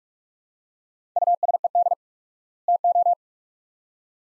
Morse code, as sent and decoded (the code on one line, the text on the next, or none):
..- ... . -.. / - ---
USED TO